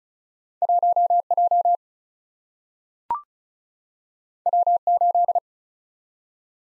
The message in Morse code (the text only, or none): 1J W8